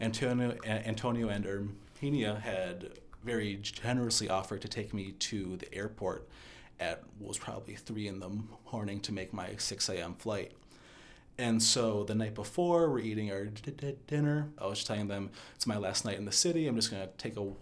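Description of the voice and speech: A man tells a story about a night while studying abroad in Spain, at a relaxed, mostly fluent pace with a mild stutter. He repeats the first sound of "dinner" (d- d- dinner) and draws out some opening sounds, with a few short hesitations.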